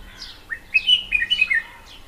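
Red-whiskered bulbul calling, a quick run of bright, liquid whistled notes that bounce up and down, with a faint low hum beneath.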